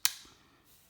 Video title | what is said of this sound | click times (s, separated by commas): Citroen C2 C3 C4 C5 Berlingo Dispatch Key Fob Battery Replacement | make sure it's all lined up and it clicks back in place | 0.1 s